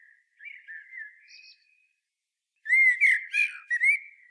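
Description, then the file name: Common blackbird song: a quiet mellow warble followed after a pause by a loud fluted phrase with scratchy high twitters. "Turdus merula"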